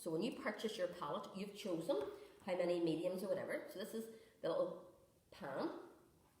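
A small metal cosmetic pan is handled beside a magnetic palette insert while a woman talks. Nothing has seated or clicked into the palette yet.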